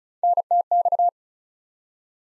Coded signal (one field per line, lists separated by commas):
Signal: Morse code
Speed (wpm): 36 wpm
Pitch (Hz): 700 Hz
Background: none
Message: NTX